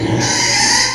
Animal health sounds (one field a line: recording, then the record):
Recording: squeal of a Yucatan mini pig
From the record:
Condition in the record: before surgery on the right vocal fold (resection and tissue-engineered implant)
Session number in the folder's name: 2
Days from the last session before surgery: 0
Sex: male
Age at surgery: 12 weeks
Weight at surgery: 13 kg